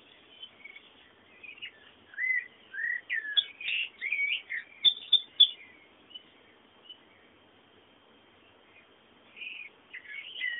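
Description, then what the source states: Birds twittering in quick, slurred chirps, busiest midway, then a quiet stretch before a few more chirps at the end. Bird sounds meant as background ambience.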